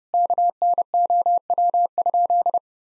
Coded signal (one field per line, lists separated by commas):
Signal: Morse code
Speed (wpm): 30 wpm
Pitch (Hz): 700 Hz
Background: none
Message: KNOW?